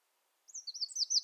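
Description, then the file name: Eurasian wren song: the start of a burst of high, rapid trilling notes, rising in loudness. "Troglodytes troglodytes"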